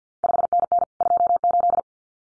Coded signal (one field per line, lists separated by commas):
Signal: Morse code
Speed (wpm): 50 wpm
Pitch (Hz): 700 Hz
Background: none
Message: 5NN 28